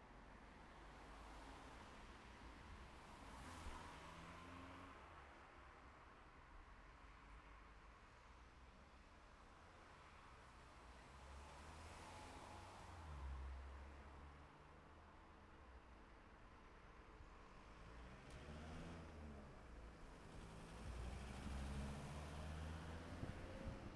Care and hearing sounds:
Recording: everyday scene through a hearing-aid microphone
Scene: in traffic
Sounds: traffic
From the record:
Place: city secondary road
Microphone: behind the ear, left, rear

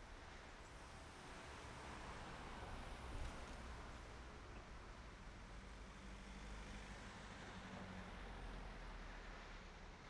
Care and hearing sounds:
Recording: everyday scene through a hearing-aid microphone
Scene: in traffic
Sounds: traffic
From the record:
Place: main road on the outskirts, rush hour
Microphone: behind the ear, right, front

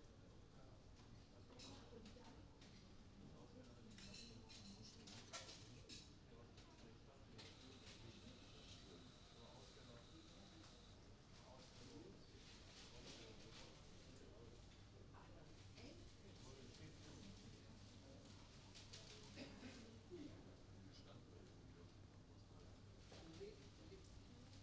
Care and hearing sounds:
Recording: everyday scene through a hearing-aid microphone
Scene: many people talking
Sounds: many voices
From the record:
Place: university cafeteria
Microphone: in the ear canal, right

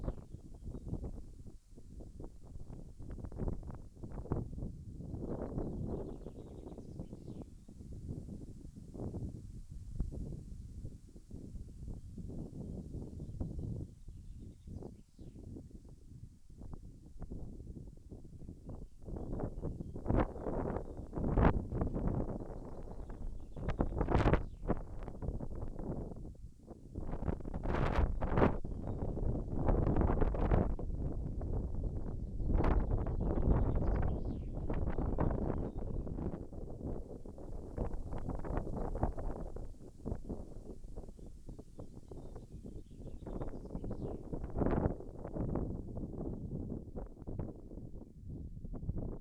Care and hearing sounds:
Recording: everyday scene through a hearing-aid microphone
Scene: wind on the microphone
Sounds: wind, birds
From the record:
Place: in front of a rural house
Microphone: behind the ear, left, front

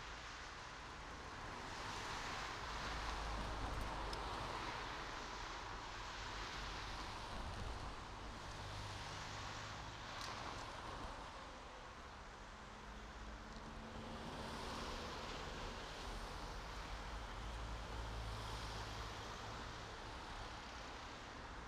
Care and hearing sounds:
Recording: everyday scene through a hearing-aid microphone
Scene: in traffic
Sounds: traffic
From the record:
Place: main road on the outskirts, rush hour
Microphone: in the ear canal, right

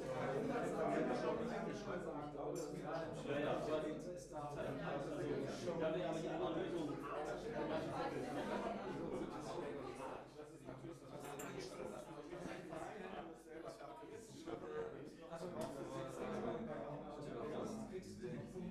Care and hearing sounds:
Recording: everyday scene through a hearing-aid microphone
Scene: many people talking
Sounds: many voices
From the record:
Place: bistro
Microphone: behind the ear, left, rear

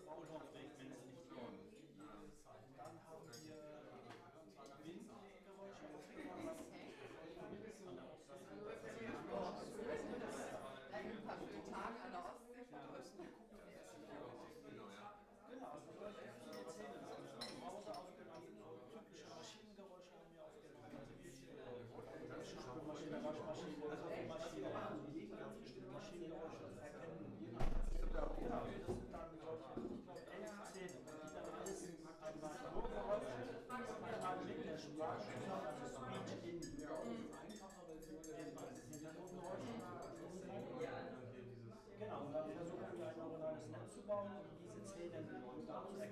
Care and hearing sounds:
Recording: everyday scene through a hearing-aid microphone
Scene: many people talking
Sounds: many voices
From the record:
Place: bistro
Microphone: behind the ear, right, front

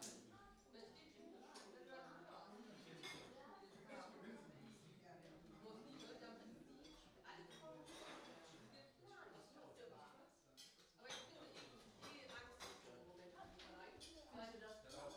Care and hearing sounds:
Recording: everyday scene through a hearing-aid microphone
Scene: many people talking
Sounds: many voices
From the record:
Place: parish hall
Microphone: in the ear canal, right

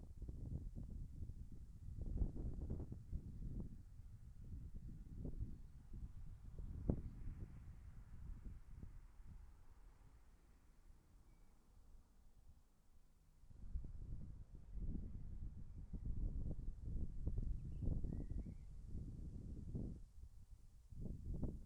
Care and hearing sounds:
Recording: everyday scene through a hearing-aid microphone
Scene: wind on the microphone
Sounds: wind, traffic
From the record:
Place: in front of a rural house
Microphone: behind the ear, left, rear

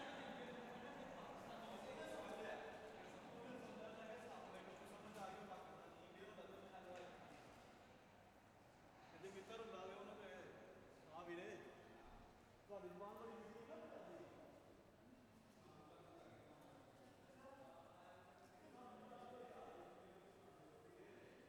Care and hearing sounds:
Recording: everyday scene through a hearing-aid microphone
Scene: reverberant space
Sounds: background noise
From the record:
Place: railway station hall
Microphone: behind the ear, left, rear

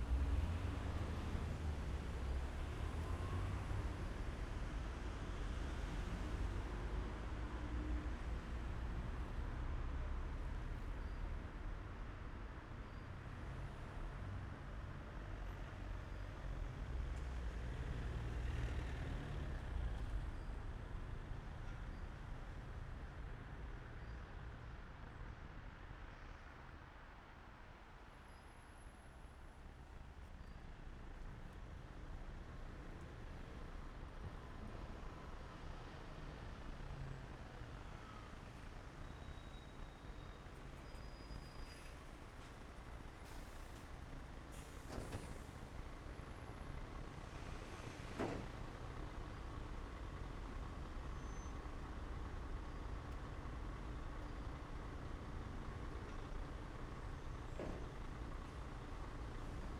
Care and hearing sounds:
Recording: everyday scene through a hearing-aid microphone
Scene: in traffic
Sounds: traffic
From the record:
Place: main city hub, rush hour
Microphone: behind the ear, left, rear

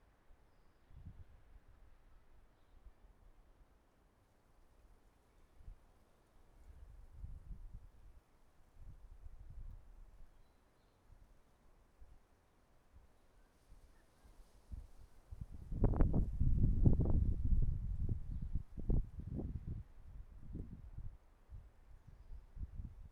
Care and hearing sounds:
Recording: everyday scene through a hearing-aid microphone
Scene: wind on the microphone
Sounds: wind, traffic, birds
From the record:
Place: suburban garden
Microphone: behind the ear, right, rear

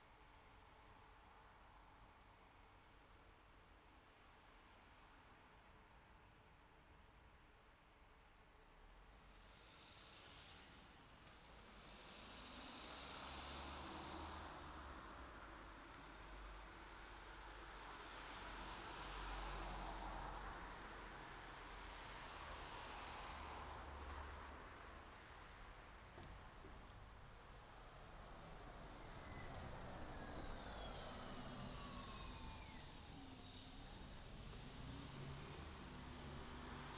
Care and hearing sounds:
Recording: everyday scene through a hearing-aid microphone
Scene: in traffic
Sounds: traffic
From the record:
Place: city secondary road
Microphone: in the ear canal, left

